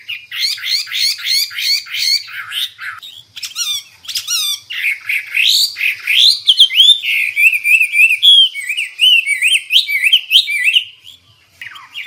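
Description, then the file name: Hwamei song: rhythmic repeated rising whistles at first, then a varied, fluid warble of looping whistled phrases with brief harsh notes, tailing off at the end. Described as an exceptional hwamei in full, energetic song (gacor). "Burung Hwamei Wambi wambie. Gacor"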